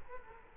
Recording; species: mosquito wingbeat signal from an infrared sensor; Culex quinquefasciatus